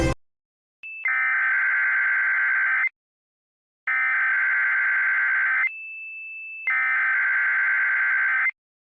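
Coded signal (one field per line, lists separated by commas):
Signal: Emergency Alert System (SAME) tones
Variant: header bursts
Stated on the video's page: Simulated EAS scenario.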